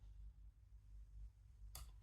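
A terminal that would not go on by hand, likely a connector onto a microswitch, is pressed home with pliers during an actuator rebuild. Over a low, steady hum, one sharp, bright click sounds at 1.8 s. The terminal is seated.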